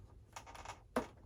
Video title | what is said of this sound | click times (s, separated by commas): FlyFans MiG-25 (Build and More) | oh what snaps here you hear that snap pushing that servo lead in | 1.0 s